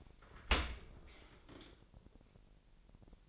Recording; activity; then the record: daily activity, microphone in the room; open dishwasher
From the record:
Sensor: 5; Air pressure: 1000.8 hPa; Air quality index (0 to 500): 248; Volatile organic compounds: 35 ppm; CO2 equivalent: 3052 ppm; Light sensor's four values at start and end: 31/71/28/27 and 31/72/29/27